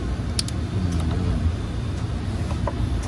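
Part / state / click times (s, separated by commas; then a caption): DRL wiring plug into the source connector / seated / 0.4 s. In a car wiring job, the male DRL lead is pushed into the female source connector, and a sharp click at 0.4 s shows it seating. A softer tick follows right after, and another small click comes near 2.7 s over a steady low rumble. The connector is seated.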